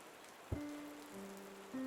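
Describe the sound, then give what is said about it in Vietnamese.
Heavy rain pours down in a steady, even hiss over a mountain forest, with a single soft thump early on and low humming tones sustained underneath; the rain shows no sign of stopping and grows heavier. “Nhìn ra ngoài trời, cơn mưa vẫn chưa có dấu hiệu ngưng. Trái lại, có phần càng lúc càng dữ dội hơn.”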